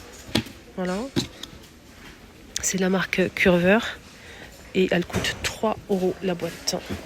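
The clip-on lid of a plastic pet food storage box, made by Curver and costing 3 € per box, is unclipped and opened by hand. It releases with a sharp snap at 0.4 s. Afterward someone talks.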